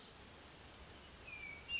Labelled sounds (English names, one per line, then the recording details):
Hermit Thrush
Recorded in Sonoma County, California